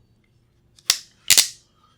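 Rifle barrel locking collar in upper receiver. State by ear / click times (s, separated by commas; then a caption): seated / 0.9 s. During a caliber conversion of a Bushmaster ACR rifle from 5.56 to 6.8mm SPC, the barrel's locking collar is turned to lock the barrel into the upper receiver. A sharp metallic click at 0.9 s marks the collar seating, followed by a louder double clack around 1.3 s. The barrel locking collar is seated and locked in place.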